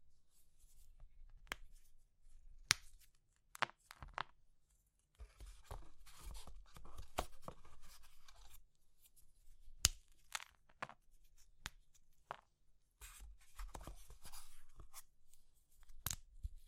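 Crisp cracks and snaps of soap, chalk, meringue and pastel being crushed, landing every second or so. Between the sharp breaks, longer stretches of dense, gritty crumbling fill roughly 5 to 8 seconds and again near 13 to 15 seconds, over a quiet low rumble.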